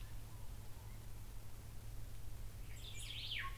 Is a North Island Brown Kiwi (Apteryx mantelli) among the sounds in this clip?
no